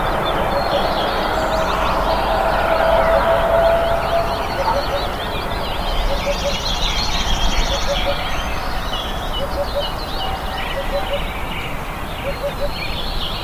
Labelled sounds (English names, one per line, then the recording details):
Eurasian Hoopoe
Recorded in the wild
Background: Phylloscopus trochilus
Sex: male
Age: adult
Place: NSG Schönower Heide, Naturpark Barnim, Brandenburg, DE
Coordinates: 52.6856, 13.5122
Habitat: meadow
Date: 2011-05-14
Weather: cloudy, 15°C, almost no wind
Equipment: Sound Devices 702, Sennheiser MKH 70, Rycote Windschutz
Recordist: Frommolt, Karl-Heinz
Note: Eingezäunter Bereich des NSG: Rufe (dreisilbig) eines Wiedehopfes. Entfernung &gt; 100 m